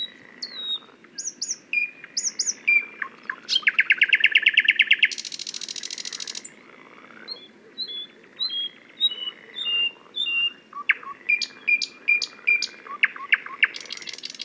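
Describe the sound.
Thrush nightingale song: sharp clicking notes and fast rattles, then a loud buzzing trill and a harsh grating burst, followed by thin whistles and more clicks.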